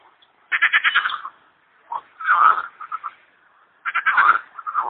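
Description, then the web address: Frogs croaking in rattling pulsed bursts separated by shorter grunting croaks and brief quiet pauses. "kumkanie zab i spiew slowika"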